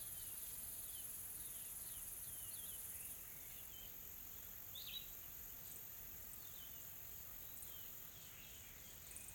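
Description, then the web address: Insects droning in a high, even shrill band, with soft downslurred chirps and one brighter note near the middle. Soft, calm insect ambience from a tropical forest in South Africa. "Sonniss com - GDC 2020-Game Audio Bundle Smart Sound FX - Nature South Africa AMBIENCE Additional Tropical Forest Soft Insects Calm"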